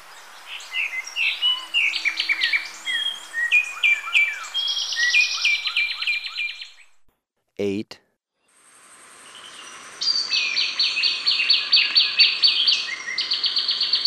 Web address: Natures Songs S America Birds of Ecuador Sepia-brown Wren